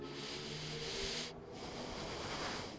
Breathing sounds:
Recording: one breath in and out by a microphone near the nose and mouth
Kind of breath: deep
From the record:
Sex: male

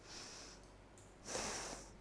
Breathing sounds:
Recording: one breath in and out by a microphone near the nose and mouth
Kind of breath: deep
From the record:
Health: marked as sick, illness not named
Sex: female

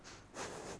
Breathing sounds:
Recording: one breath in and out by a microphone near the nose and mouth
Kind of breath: strong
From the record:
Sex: female

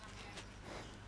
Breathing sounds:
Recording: one breath in and out by a microphone near the nose and mouth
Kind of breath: strong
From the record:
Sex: male

